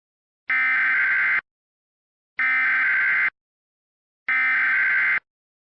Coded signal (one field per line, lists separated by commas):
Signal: Emergency Alert System (SAME) tones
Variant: header bursts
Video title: Blizzard Watch MOCK EAS